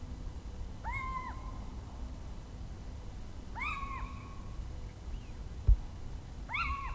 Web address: birdify Athene noctua